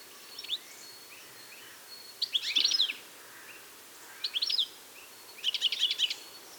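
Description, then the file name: European goldfinch song in short bursts: a few bright twittering phrases separated by pauses of one to two seconds. "Carduelis carduelis"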